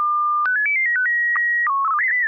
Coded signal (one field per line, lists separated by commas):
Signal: SSTV (slow-scan television)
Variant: PD 120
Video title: N6NA SSTV Net - 03/18/2026